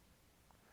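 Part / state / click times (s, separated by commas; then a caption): fiber optic connector into its outer shroud / seated / 0.5 s. A fiber optic connector is slid into the back of its plastic outer shroud with light pressure. Against a faint, steady background, a single short, soft click sounds at 0.5 s as it clicks in. The click means the shroud is properly installed.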